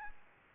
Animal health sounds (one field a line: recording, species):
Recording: mosquito wingbeat signal from an infrared sensor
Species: Aedes albopictus